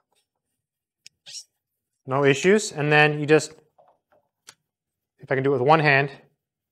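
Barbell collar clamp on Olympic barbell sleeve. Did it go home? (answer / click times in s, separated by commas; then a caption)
no / none. A barbell collar clamp is handled on an Olympic barbell sleeve over a weight plate, with the lever about to be closed one-handed. Someone talks, with a sharp tick at about 1.1 s and small handling taps around 3.8 to 4.5 s. Nothing has seated or clicked yet, and the collar lever is not yet locked closed.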